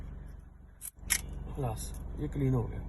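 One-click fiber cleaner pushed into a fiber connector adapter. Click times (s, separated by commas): 1.1 s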